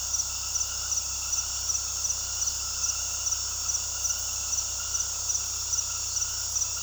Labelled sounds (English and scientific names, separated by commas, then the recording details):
none
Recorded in pastures near Puerto Asís, Putumayo, Colombia, on 20 February 2024 at 20:00
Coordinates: 0.486, -76.323
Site G6462